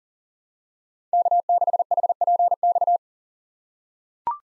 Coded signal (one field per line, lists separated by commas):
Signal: Morse code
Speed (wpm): 38 wpm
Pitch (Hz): 700 Hz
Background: none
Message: K6HPX